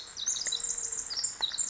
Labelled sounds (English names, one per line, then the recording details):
Pacific Wren
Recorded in Sonoma County, California